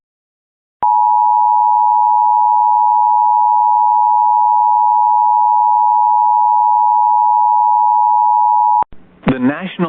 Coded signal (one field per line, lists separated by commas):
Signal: Emergency Alert System (SAME) tones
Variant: 853 and 960 Hz attention tone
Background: speech